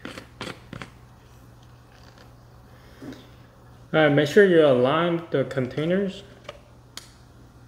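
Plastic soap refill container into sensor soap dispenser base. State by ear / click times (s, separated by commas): seated / 7.0 s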